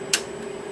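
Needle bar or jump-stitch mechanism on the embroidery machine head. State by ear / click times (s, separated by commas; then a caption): seated / 0.1 s. On a ZSK embroidery machine head, the released jump-stitch magnet part is pushed back into place on the needle bar or jump-stitch mechanism, giving a single sharp click at 0.1 s over a steady low hum. The part clicks and is seated, fixed in place.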